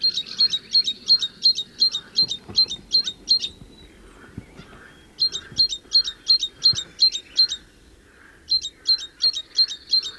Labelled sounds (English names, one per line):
Great Tit song